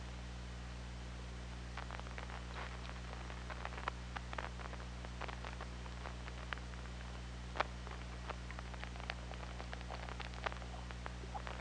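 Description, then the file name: Killer whale clicks, sharp irregular bursts of ticks in quick succession, over a steady low underwater hum. Recorded on the OrcaLab hydrophone on 24 August 2017, around 23:08. "Orca Lab UTLN JASON 20170824 230817"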